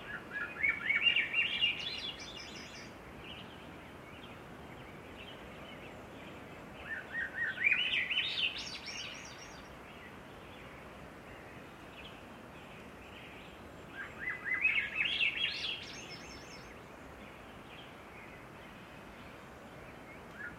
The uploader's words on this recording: Pacific Dawn Chorus. Near Floras Lake on the Southern Oregon Coast.